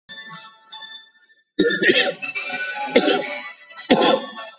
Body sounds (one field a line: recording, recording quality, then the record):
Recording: shallow voluntary cough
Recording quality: moderate, slight background noise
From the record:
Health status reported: COVID-19 positive, moderate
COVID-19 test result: positive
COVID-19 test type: RT-PCR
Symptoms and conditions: cough, cold, sore throat, fever, muscle pain, loss of smell and taste, diarrhoea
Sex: male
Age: 37 years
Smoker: no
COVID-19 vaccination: one dose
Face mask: worn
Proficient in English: yes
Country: India